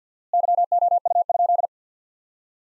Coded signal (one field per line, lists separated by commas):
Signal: Morse code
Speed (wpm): 50 wpm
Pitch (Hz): 700 Hz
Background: none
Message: YOU?